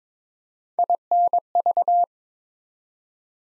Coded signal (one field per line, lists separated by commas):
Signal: Morse code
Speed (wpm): 23 wpm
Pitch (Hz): 700 Hz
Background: none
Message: INV